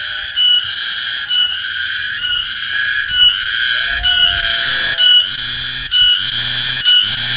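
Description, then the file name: Cicada call, a harsh high buzz pulsing in uneven bursts, with a short sliding tone midway and some low rumbling below. "tonggeret"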